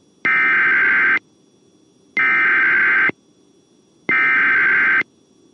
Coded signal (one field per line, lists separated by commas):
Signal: Emergency Alert System (SAME) tones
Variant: header bursts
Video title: EAS Shelter In Place Warning for Kerr TX for Winter Storm on WAHC 2-3-2022